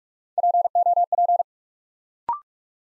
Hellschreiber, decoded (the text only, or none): none